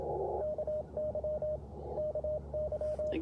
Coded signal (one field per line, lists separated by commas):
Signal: Morse code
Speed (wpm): 20 wpm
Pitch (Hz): 600 Hz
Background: radio noise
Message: KY KY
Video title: Morning Morse Code - 11/3/23 @ Tuskegee Airmen National Historic Site (K-0868)